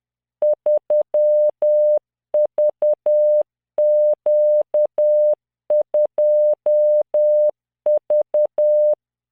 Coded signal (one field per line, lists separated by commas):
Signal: Morse code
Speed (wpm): 10 wpm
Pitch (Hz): 600 Hz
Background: none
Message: 3VQ2V